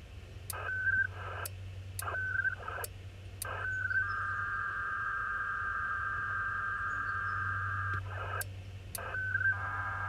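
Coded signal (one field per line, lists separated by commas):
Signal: HF data modem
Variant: ARDOP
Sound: short warbling data bursts trading back and forth, then a long steady two-tone data stretch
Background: low hum, clicks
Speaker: in the clip you're about to see the email wasn't even large enough for the connection to reach top speed it was a simple weather report that I had requested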